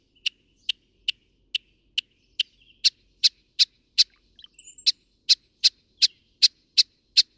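Northern mockingbird song: a long series of sharp, clipped single notes repeated rapidly, with a brief soft chattering interlude partway through.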